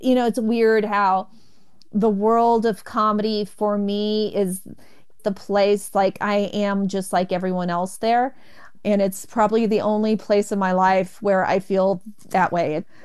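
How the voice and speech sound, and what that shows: Adult woman speaking with mild stuttering: stretched sounds on 'me', 'is' and 'feel', hard glottal starts, otherwise a steady voice.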